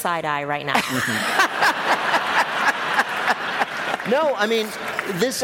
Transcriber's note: laughter